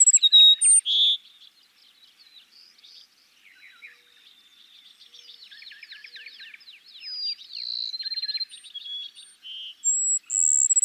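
Cassin's sparrow song fragments at the start and a fuller trilled phrase midway, set against continuous soft chatter and twittering.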